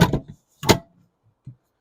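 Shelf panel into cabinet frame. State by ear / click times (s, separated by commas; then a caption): seated / 0.6 s, 0.7 s. A shelf panel is pushed into a cabinet frame, with a burst of handling knocks and scrapes in the first third of a second. A sharp double click follows at 0.6 s and 0.7 s as the shelf seats into place, and a faint soft knock sounds around 1.5 s.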